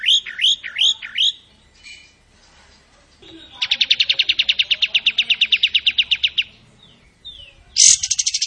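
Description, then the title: Tembakan bird song: four looping whistled notes, then a long fast rattle of high pulsed notes lasting about three seconds, then another trill starting after a pause. Training song for other cage birds; described as gacor, singing vigorously. "Masteran Burung Tembakan Gacor"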